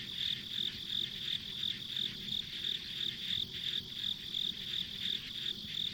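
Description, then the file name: Insects chirping in a high, evenly pulsed pattern over a steady shrill hum of other insects, with a low background rumble throughout. Ambient insect sounds recorded on a country road. "田舎道の虫の環境音"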